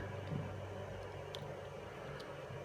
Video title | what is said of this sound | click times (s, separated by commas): Build an HD 3 Inch Drone! | basically just locks into place there and then you can change the angle as you need | 1.4 s